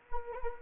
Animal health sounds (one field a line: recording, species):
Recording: mosquito wingbeat signal from an infrared sensor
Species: Anopheles arabiensis